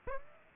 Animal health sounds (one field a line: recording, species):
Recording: mosquito wingbeat signal from an infrared sensor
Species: Aedes aegypti